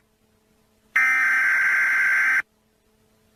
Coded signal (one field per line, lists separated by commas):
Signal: Emergency Alert System (SAME) tones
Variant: header bursts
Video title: Eas scenario - Humanity vs alternates (doppelgängers)